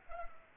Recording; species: mosquito wingbeat signal from an infrared sensor; Culex pipiens